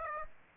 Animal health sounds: mosquito wingbeat signal from an infrared sensor; Aedes aegypti

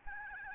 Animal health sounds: mosquito wingbeat signal from an infrared sensor; Aedes albopictus

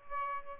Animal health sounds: mosquito wingbeat signal from an infrared sensor; Aedes albopictus

